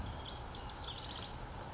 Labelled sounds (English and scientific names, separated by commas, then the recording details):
House Wren (Troglodytes aedon)
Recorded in Sonoma County, California